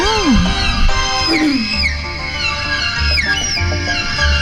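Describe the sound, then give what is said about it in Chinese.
A leiqin, a bowed Chinese fiddle, imitates chicks peeping, playing bright, sliding notes in a few chirping arcs and downward glides, fairly loud over a low, rumbling undertone. “也是雷琴声吗？ 小鸡， 小鸡的声”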